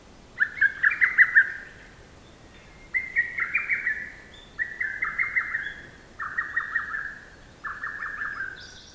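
Bird giving scratchy, rapid note strings, each burst of several chattering notes, five bursts delivered in quick succession with a brief higher squeak at the end.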